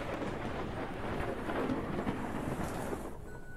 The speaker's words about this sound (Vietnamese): Trên bầu trời cũng vang lên một tiếng sấm sét đến rợn người.